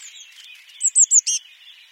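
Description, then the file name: Eurasian blue tit call: three quick, thin, high notes followed by a lower, harsher buzzy note, with soft background sounds. "Cyanistes caeruleus"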